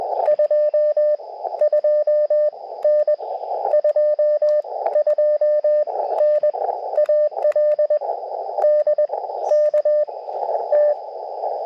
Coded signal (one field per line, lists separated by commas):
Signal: Morse code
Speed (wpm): 20 wpm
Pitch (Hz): 600 Hz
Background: radio noise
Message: 22N 22N AL DKT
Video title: Quick POTA Activation QRP CW 5/13/23 @ K-3684